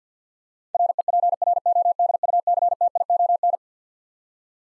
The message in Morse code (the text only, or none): REPRODUCTION